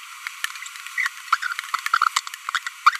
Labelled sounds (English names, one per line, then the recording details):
Green-rumped Parrotlet babbling
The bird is a female
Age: 25 days
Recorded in a nest box in Venezuela
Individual 17B42B1